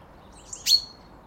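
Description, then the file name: Common chaffinch call, a single short sharp high note, with fainter high sounds just before, against quiet background. "Fringilla coelebs"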